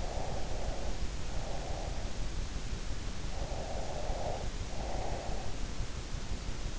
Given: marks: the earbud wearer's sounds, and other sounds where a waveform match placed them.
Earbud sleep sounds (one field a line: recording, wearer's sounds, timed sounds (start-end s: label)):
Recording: sounds in sleep by an in-ear microphone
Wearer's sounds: breath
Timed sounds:
0.02-2.29 s: breath
3.35-5.65 s: breath